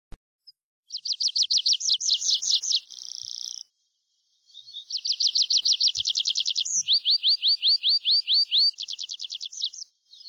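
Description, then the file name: Tree pipit song: rapid high repeated notes, then a buzzy trill, a short pause, and a new series of quick notes slurring downward before ending in a fast trill. "PRISPOLONE"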